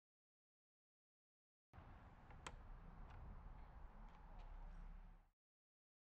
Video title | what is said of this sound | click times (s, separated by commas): HOW TO Remove Wing Mirror, Glass & Indicator W204 C-Class, W212 E-Class, W218 CLS, W176 A-Class | Keep pulling upwards until it snaps free. | 2.3 s, 2.5 s